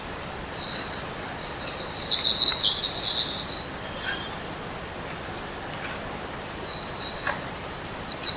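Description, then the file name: Common hill myna uttering long, harsh, buzzy high notes in drawn-out bursts separated by pauses, with a few faint clicks between them. "suarakicauanciungomkicau"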